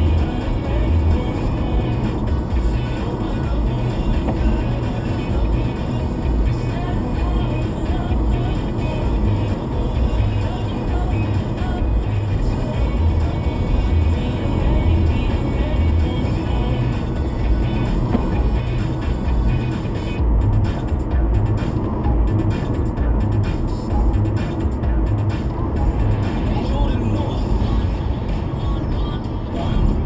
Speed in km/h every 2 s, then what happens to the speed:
93, 92, 92, 93, 93, 92, 93, 92, 90, 92, 93, 95, 93, 92, 89.
0-22 steady at about 92. 22-30 slows to 89.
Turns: none.